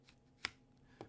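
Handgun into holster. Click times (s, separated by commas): 0.4 s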